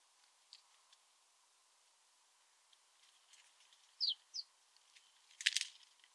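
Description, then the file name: House sparrow calls, a pair of quick bright chirps midway, followed by a brief rough rustling burst. "Passer domesticus"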